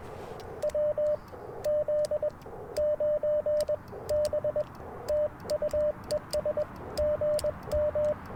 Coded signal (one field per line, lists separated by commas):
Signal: Morse code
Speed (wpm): 21 wpm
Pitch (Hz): 600 Hz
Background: radio noise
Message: WZ9B TUES GM